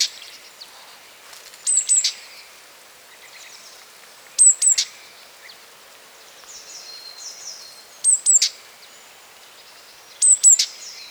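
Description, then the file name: Great tit calls: high, sharp paired and tripled notes, sliding slightly downward, given in short bursts every two to four seconds, with fainter birds calling behind. "Parus major"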